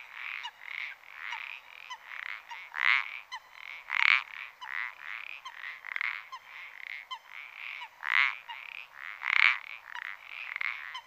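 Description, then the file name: Common parsley frog croaking in short creaky bursts, a few louder notes standing out among many fainter croaks. "pelodyte-ponctué"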